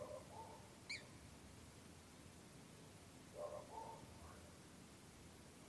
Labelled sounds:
Eurasian Coot (Fulica atra)

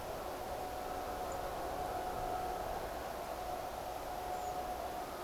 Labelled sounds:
Song Thrush (Turdus philomelos), Redwing (Turdus iliacus)

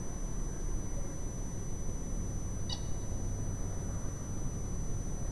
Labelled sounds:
Eurasian Coot (Fulica atra)

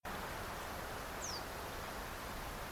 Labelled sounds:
Reed Bunting (Emberiza schoeniclus)

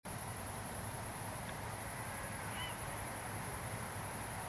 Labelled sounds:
Grey Heron (Ardea cinerea), unidentified sound

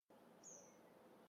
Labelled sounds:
Tree Pipit (Anthus trivialis)

